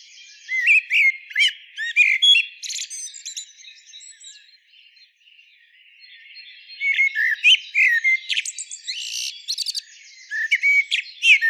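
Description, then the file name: Common blackbird pouring out rapid squeaky and whistled notes, falling quiet for a few seconds, then resuming with more high twittering phrases. "Turdus merula"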